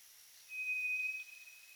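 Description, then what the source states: White's thrush song: a single thin, steady, pure whistle on one pitch, loud for under a second and then fainter to the end, with faint background hiss. Recorded at night on 2 July 2007 at 23:34.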